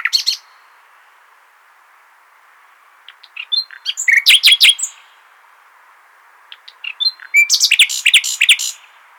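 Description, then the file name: Common nightingale giving short chirps, then two separate bursts of varied, rattling and whistled notes with quiet gaps between. "Luscinia megarhynchos"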